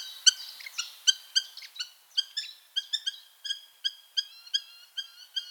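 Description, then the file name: Eurasian hobby calling in many quick, repeated sharp notes. "Baumfalke"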